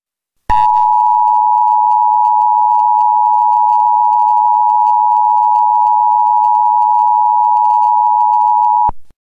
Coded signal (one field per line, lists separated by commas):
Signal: Emergency Alert System (SAME) tones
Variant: 853 and 960 Hz attention tone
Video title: EAS Scenario #1: Bishops Of The Old Faith